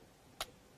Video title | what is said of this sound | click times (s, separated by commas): Discover Card Making with John Lockwood, Claritystamp, Mama Makes and lots more at Hochanda | where you get that satisfying click into place every single time | 0.4 s